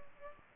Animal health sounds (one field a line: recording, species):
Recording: mosquito wingbeat signal from an infrared sensor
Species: Aedes aegypti